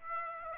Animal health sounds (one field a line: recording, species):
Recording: mosquito wingbeat signal from an infrared sensor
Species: Aedes aegypti